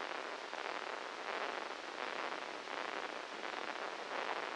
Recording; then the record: brain microelectrode recording played as sound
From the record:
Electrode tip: inside the subthalamic nucleus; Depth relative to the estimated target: -1 mm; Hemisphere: left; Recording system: NeuroSet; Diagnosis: Parkinson's disease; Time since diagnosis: 13 years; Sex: male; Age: 63 years